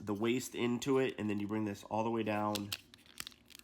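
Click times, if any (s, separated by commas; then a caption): 3.2 s. A plastic section of a transforming action figure is swung all the way down into its locked position while someone talks. After the talking stops, several short plastic clicks sound, and the strongest at 3.2 s marks the section clicking into place.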